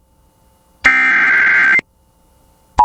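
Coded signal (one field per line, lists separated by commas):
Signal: Emergency Alert System (SAME) tones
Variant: header bursts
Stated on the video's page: Flash flood warning for Tulare County, Central California, aired on radio station KALT-FM.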